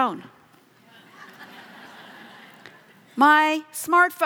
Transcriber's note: laughter